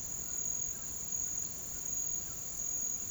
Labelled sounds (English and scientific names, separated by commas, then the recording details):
none
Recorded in pastures near Puerto Asís, Putumayo, Colombia, on 8 March 2025 at 08:00
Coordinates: 0.486, -76.323
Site G075